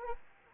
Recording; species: mosquito wingbeat signal from an infrared sensor; Anopheles arabiensis